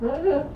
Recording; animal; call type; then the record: contact call of a hoofed animal; goat; low-frequency (closed-mouth) or high-frequency (open-mouth) call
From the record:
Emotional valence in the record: positive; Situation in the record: food anticipation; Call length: 0.56 s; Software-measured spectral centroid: 900 Hz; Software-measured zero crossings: 930 a second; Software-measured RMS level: -23 dBFS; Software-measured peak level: -11 dBFS